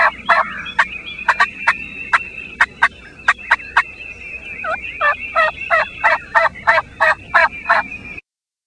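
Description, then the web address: Wild turkey calling: sharp, uneven notes at first, then a faster, more regular series of calls, with a steady high tone underneath. "turkey"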